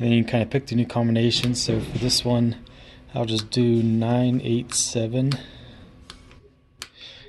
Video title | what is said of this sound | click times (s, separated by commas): How to reset the combination of 1155 Swinghandle | and you click it back and you go back to lock it | 6.8 s